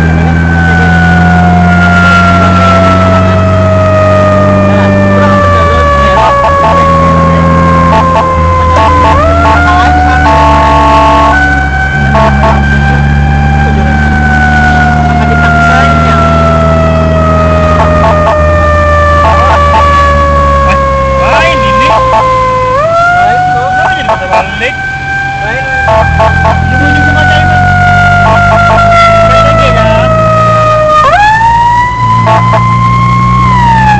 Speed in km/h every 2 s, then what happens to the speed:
64, 69, 72, 71, 67, 57, 62, 66, 70, 68, 53, 40, 27, 33, 39, 41, 45.
0-3 speeds up to 72. 7-11 brakes to 57. 11-17 speeds up to 70. 17-23 brakes to 27. 25-34 speeds up to 45.